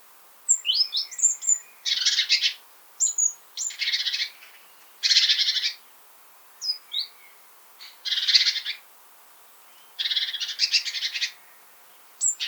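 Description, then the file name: Great tit scold, rapid grating churrs alternating with thin high-pitched chips and squeaky notes. "Parus major"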